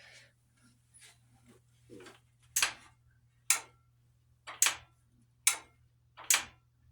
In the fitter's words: if you listen you'll hear something like a little click